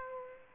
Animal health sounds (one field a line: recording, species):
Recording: mosquito wingbeat signal from an infrared sensor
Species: Aedes aegypti